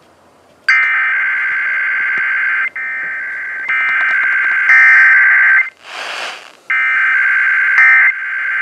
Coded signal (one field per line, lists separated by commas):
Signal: Emergency Alert System (SAME) tones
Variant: header bursts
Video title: Monday Morning Weeklies (EAS #3074-3076)